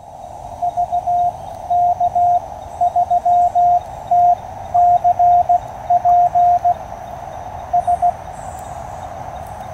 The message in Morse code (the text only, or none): VK3TCP S